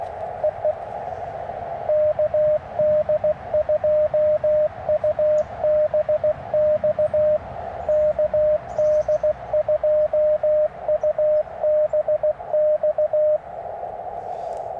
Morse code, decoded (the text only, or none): EE KD2UBX KD2UBX